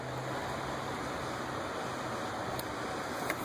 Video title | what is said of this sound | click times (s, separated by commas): Spark plug replacement Tune up 2010 Chrysler Town and Country 3.3L V6 3.8L spark plug wires | I don't know if you can hear it but I heard it and we | 3.3 s